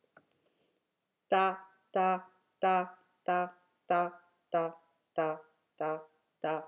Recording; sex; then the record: repeated syllable /ta/; female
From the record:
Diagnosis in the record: healthy control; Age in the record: 63 years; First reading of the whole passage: 70 s, 6.7 characters per second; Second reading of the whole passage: 71 s, 6.6 characters per second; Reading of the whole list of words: 45 s, 6.3 characters per second